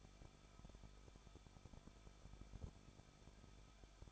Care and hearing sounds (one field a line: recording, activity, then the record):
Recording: daily activity, microphone in the room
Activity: no activity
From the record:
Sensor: 5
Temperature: 20.7 degrees Celsius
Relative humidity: 38.7%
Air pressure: 1006.5 hPa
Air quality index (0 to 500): 193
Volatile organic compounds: 21 ppm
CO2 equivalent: 2725 ppm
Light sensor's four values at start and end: 2/3/1/1 and 2/3/1/1